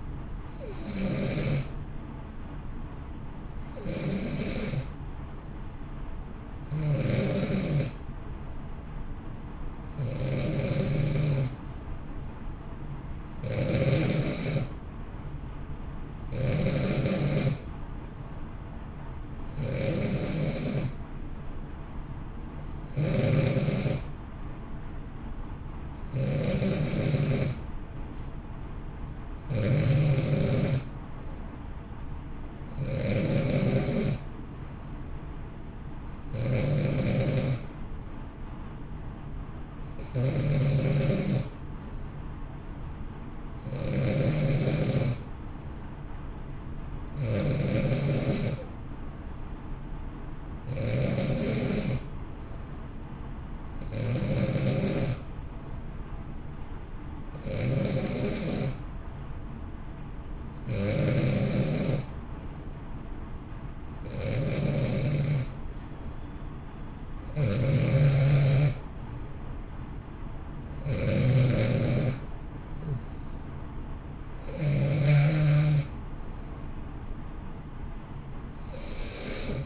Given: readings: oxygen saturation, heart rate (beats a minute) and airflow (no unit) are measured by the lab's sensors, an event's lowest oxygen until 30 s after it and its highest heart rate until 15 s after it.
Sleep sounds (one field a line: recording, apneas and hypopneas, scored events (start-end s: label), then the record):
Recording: breathing in sleep by a smartphone at the bedside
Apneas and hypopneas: none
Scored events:
19.00-79.66 s: new sleep stage, N2 (light sleep)
From the record:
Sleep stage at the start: N1 (lightest sleep)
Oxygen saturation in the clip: 89 to 91%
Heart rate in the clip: 58 to 64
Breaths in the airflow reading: 25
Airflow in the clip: -1.0 to 1.6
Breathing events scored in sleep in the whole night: 328 in 6.3 hours asleep